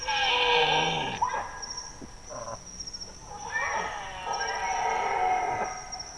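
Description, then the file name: Bactrian deer giving a rough, noisy drawn-out call, then a few short sounds, then another drawn-out harsh call. Single male Bactrian deer. "Cervus elaphus bactrianus 1 male"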